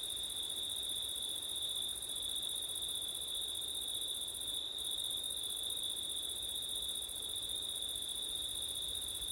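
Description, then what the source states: Crickets singing in a steady, continuous high trill with a second shrill band higher up that breaks off briefly once, over a soft rushing background. September night, with wind; ORTF stereo microphone setup.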